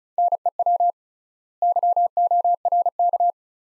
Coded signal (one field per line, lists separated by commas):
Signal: Morse code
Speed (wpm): 36 wpm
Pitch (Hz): 700 Hz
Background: none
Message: NEW YORK